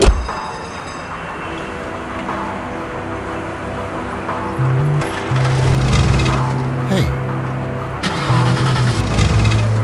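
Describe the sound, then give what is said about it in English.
An old junk car's engine cranks and struggles to start in the rain, with a steady mechanical whir broken by a few low, rough bursts that sputter and fade without catching. “I don't want to start. One try.”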